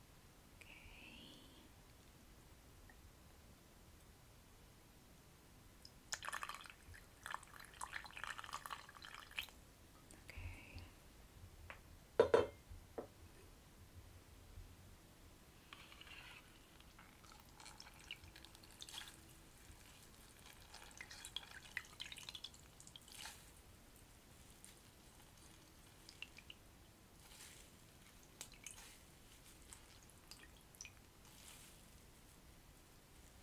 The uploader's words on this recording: ASMR Natural Spa Facial Treatment & Scalp Massage.